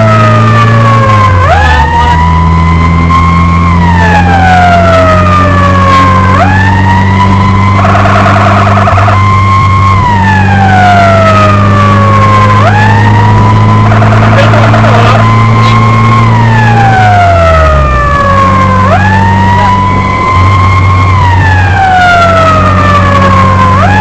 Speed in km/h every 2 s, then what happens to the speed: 57, 59, 62, 68, 72, 69, 75, 79, 82, 80, 82, 79.
0-15 speeds up to 82. 15-24 steady at about 80.